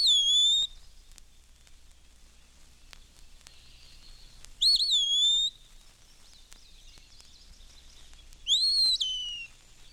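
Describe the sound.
Eastern Wood-Pewee giving three slurred whistled phrases, spaced several seconds apart.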